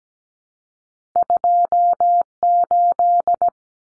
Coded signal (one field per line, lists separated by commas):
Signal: Morse code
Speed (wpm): 17 wpm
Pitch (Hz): 700 Hz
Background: none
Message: 28